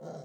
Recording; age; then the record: pig call; piglet (1 to 25 days)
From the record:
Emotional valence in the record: negative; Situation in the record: long isolation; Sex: male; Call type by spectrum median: low-frequency call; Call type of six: low-frequency modulated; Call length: 0.24 s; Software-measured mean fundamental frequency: 52 Hz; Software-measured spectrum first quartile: 233 Hz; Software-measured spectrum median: 478 Hz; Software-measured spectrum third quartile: 687 Hz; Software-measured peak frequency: 508 Hz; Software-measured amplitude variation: 100 dB a second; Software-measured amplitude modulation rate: 14.3 a second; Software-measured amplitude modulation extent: 7.0 dB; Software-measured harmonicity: 2.0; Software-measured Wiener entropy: -0.08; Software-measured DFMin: 1160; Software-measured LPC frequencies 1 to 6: 597, 3230, 4041, 4838, 5577, 6245 Hz